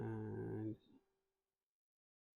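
A display flex cable connector is being handled over its socket on an iPhone 12 logic board during a screen replacement, while someone talks briefly for the first 0.7 seconds before the sound fades to silence. The connector has not clicked or seated into the socket yet.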